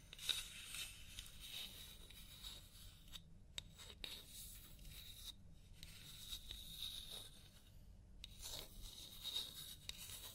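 A scalp massage during a hair wash gives a soft, continuous rubbing and scratching texture, bright and hissy, with a low rumble underneath. Brief pauses break the rubbing around the third, fifth and eighth seconds, and faint tiny clicks appear now and then.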